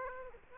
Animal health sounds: mosquito wingbeat signal from an infrared sensor; Aedes aegypti

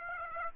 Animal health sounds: mosquito wingbeat signal from an infrared sensor; Aedes aegypti

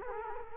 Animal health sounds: mosquito wingbeat signal from an infrared sensor; Culex quinquefasciatus

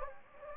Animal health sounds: mosquito wingbeat signal from an infrared sensor; Anopheles gambiae

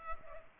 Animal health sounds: mosquito wingbeat signal from an infrared sensor; Culex pipiens

